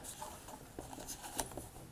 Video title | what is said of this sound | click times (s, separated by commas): Turn your iPhone into a video monitor and recorder - Accsoon SeeMo | until it locks into place | 1.4 s